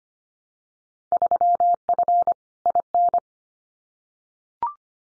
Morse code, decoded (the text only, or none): 3F IN